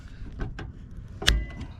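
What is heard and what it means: A torque wrench tightens a second lug screw on a main breaker, with a few soft ticks before a sharp, bright click at 1.3 s as it reaches its setting. The screw is confirmed torqued to 45.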